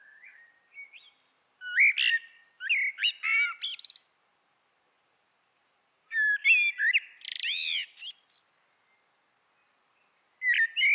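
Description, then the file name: Common blackbird song: a soft whistle at the start, then two long phrases of mixed whistles and high twitters, and the start of a third phrase at the very end. "Turdus merula"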